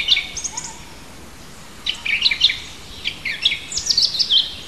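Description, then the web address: Birds singing: quick bursts of high twittering and chirped notes, a short phrase at the start, then livelier clusters of sharp tweets after a brief pause. Native birds singing in a hedge in March. "oeko hecke vogel maerz vogel heimisch"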